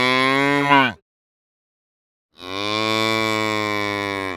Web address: Sonniss - The Nature Pack - cow moos